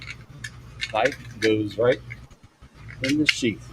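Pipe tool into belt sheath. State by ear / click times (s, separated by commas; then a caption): not seated / none. A pipe-cutting tool is handled and slid toward its belt sheath while someone talks over it, with brief rattling handling sounds early in the clip. The tool has not yet snapped into the sheath, and nothing has seated or clicked yet.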